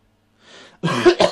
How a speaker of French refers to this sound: Par moi qui tousse, bien sûr.